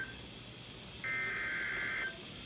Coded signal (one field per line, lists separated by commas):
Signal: Emergency Alert System (SAME) tones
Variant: header bursts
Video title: SEVERE THUNDER STORM WARNING!!! EAS 53